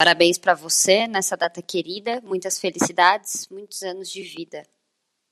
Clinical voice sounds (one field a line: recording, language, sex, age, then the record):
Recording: short text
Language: Brazilian Portuguese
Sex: female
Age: 20 to 29 years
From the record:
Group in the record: control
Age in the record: 29 years